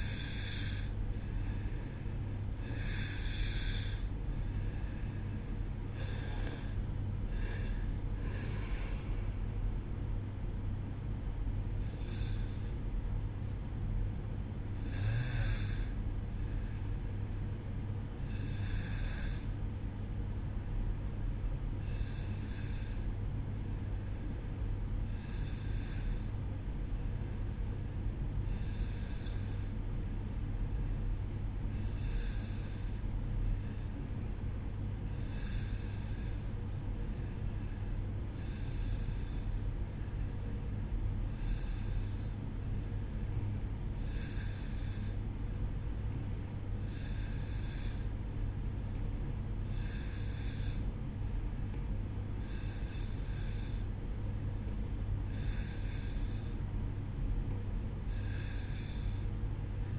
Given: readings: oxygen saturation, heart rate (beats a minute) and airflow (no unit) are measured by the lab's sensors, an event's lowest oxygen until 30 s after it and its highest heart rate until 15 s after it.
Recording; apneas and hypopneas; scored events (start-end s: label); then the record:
breathing in sleep by a smartphone at the bedside; 1
14.00-43.40 s: hypopnea (N2, oxygen 94% highest, then 90% lowest, heart rate 63 at the start, 65 highest)
From the record:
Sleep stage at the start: N2 (light sleep); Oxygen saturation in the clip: 90 to 94%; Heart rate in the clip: 60 to 70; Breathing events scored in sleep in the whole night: 305 in 9.6 hours asleep